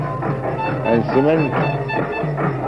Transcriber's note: loudspeaker in background very loud